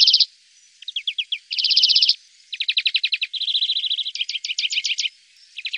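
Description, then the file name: European greenfinch singing a varied series of quick rattling trills and twittering phrases, changing pitch between bursts, separated by brief gaps. "greenfinch omkicau"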